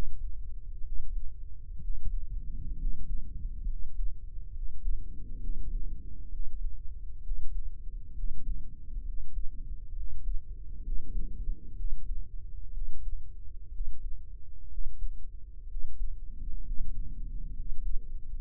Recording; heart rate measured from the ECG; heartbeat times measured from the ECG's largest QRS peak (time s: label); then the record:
heart sounds by microphone in the right ear; 65 bpm
0.81 s: heartbeat
1.79 s: heartbeat
2.75 s: heartbeat
3.64 s: heartbeat
4.51 s: heartbeat
5.38 s: heartbeat
6.28 s: heartbeat
7.20 s: heartbeat
8.12 s: heartbeat
9.02 s: heartbeat
9.92 s: heartbeat
10.80 s: heartbeat
11.73 s: heartbeat
12.70 s: heartbeat
13.69 s: heartbeat
14.67 s: heartbeat
15.65 s: heartbeat
16.61 s: heartbeat
17.51 s: heartbeat
18.33 s: heartbeat
From the record:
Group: healthy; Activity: rest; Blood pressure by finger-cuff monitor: 120/73 mmHg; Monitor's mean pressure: 87 mmHg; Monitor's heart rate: 65 bpm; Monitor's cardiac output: 6.9 L/min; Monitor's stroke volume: 108 mL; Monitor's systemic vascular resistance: 910 dyn s/cm5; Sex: male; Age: 23 years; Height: 178 cm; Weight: 96.6 kg